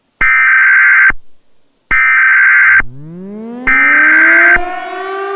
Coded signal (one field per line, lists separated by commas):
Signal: Emergency Alert System (SAME) tones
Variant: header bursts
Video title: EAS Scenario: Anomaly(REMASTERED)